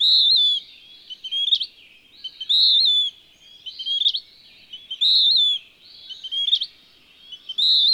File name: Western Wood-pewee